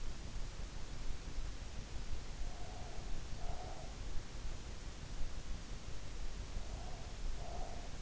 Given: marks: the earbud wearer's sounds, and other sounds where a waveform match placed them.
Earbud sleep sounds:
sounds in sleep by an in-ear microphone; breath
2.35-4.00 s: breath
6.67-7.94 s: breath

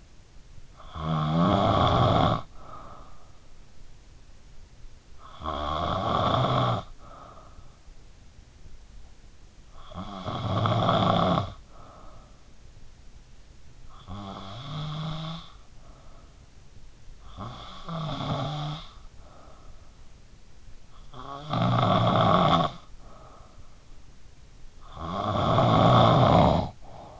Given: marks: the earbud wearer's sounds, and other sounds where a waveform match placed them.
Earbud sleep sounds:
sounds in sleep by an in-ear microphone; snoring breath
0.00-27.20 s: snoring breath

